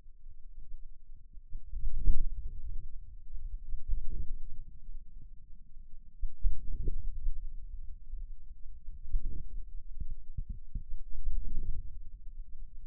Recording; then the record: forearm muscle sounds (acoustic myography)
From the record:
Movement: hand closing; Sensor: system 2, bracelet of six BSWA MPA416 microphones around the upper forearm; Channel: 5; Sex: male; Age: 22 years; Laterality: right